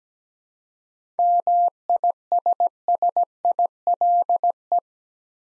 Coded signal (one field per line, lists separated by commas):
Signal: Morse code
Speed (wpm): 17 wpm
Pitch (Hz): 700 Hz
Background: none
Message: MISSILE